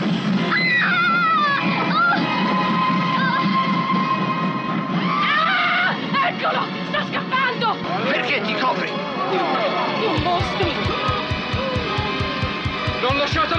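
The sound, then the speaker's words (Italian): A crowd screams in terror at Liverpool Street station in London at the sight of John Merrick, shrill overlapping cries and shouts over dense agitated babble; in the last few seconds a steady rhythmic low pulsing joins the panicked voices. “Alla stazione si accorgono della sua mostruosità, la gente gli rivolge le solite attenzioni, sguardi curiosi, poi urla, terrore, qualcuno lo insegue come fosse un animale raro, ci sono tantissime persone”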